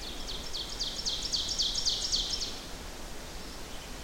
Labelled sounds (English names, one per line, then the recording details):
Ovenbird song
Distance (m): 40 m
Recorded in boreal forest in Alberta, Canada, on 14 June 2016 at 08:25
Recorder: SongMeter 3, array SBT-3-33
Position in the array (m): 105 m, 136 m
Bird 21